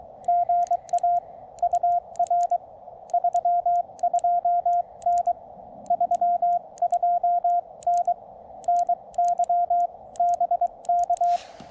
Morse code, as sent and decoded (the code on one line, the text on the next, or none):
--. .- / ..- .-. / ...-- ..--- -. / ...-- ..--- -. / -. -.-- / -... -.-
GA UR 32N 32N NY BK